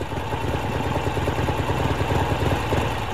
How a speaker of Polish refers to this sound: nim opadł pył, zwracając kolory, zatrzymał się przede mną motocykl.